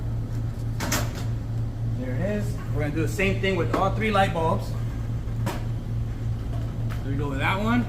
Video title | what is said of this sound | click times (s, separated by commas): Replacing Fluorescent Lights with LED | and then you're going to snap this one right in as well there it | 0.9 s